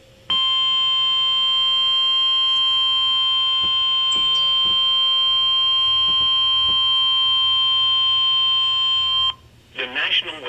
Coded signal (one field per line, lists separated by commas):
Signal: Emergency Alert System (SAME) tones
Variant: 1050 Hz attention tone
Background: speech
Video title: Severe Thunderstorm Warning #2 (EAS #352)